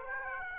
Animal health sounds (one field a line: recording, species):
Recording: mosquito wingbeat signal from an infrared sensor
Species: Aedes aegypti